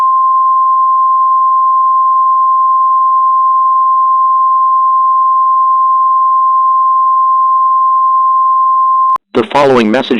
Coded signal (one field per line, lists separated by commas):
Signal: Emergency Alert System (SAME) tones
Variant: 853 and 960 Hz attention tone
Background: speech